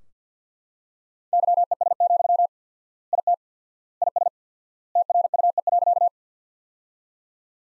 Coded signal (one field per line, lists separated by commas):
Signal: Morse code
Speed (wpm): 45 wpm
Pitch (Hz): 700 Hz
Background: none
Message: YES, IT IS TRUE.